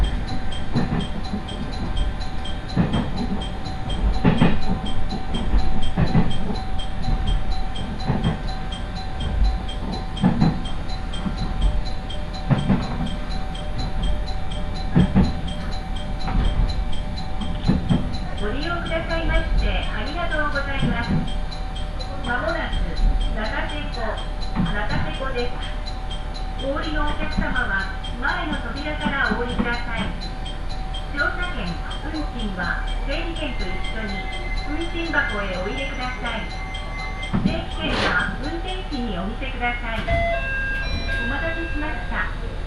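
Inside a one-car railbus on the Ise Railway, a steady low engine rumble and a constant whine carry on throughout, with rhythmic thumps of the wheels over rail joints early on. From about twenty seconds, lively chatter of passengers fills the car, with a sharp click near 38 seconds.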